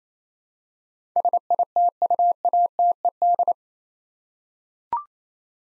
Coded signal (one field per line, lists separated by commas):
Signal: Morse code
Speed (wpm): 28 wpm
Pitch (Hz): 700 Hz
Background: none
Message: SITUATED